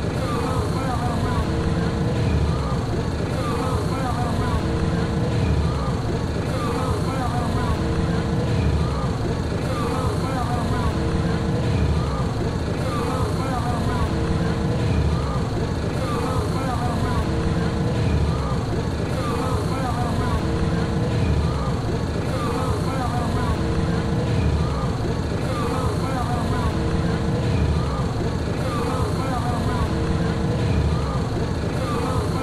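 A steady, dense wash of fair sound at the New Jersey State Fair: overlapping voices chatter without pause over a constant low engine-like rumble. A faint pulsing beat recurs every few seconds, and the overall level stays even throughout.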